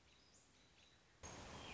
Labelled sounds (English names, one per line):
American Robin